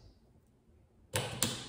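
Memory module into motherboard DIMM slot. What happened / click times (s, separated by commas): The memory module clicked into its slot / 1.2 s, 1.4 s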